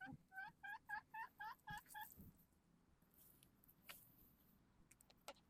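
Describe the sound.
Chicken clucking: a run of evenly spaced, harmonic clucks over about two seconds, followed by quieter scattered clicks and rustling.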